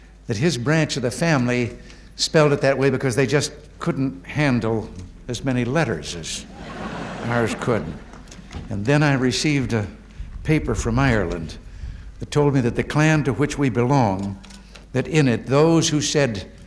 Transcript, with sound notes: that his branch of the family spelled it that way because they just couldn't handle as many letters as ours could. [Laughter] And then I received a paper from Ireland that told me that the clan to which we belong, that in it those who said